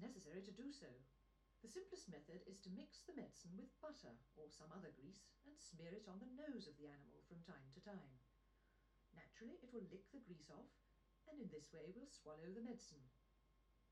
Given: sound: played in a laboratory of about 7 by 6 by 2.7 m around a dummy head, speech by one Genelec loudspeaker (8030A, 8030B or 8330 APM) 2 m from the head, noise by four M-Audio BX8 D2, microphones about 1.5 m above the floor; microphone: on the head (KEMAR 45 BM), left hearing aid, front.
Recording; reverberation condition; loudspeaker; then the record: female speech in English; low; 90 degrees to the right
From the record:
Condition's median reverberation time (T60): about 310 ms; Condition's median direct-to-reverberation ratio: about 3.5 dB